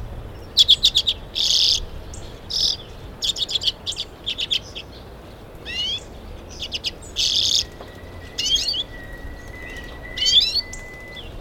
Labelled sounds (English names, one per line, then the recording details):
Common Redpoll
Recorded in the wild
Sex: male
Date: 1978-04-18
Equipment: Nagra III BH, Sennheiser MD 21
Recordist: Schubert, Michael
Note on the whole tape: Rufe und Gesang Birkenzeisig Männchen